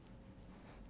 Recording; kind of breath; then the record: one breath in and out by a microphone near the nose and mouth; strong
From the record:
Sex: male